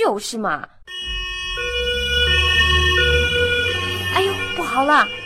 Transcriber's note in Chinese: Siren sound